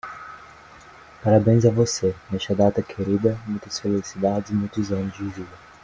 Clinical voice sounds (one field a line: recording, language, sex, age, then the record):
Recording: short text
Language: Brazilian Portuguese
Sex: male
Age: 18 to 19 years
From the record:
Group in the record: control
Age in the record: 18 years